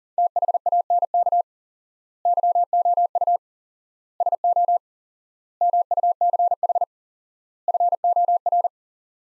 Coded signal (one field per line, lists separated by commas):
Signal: Morse code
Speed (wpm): 40 wpm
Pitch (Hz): 700 Hz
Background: none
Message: THANK YOU SO MUCH FOR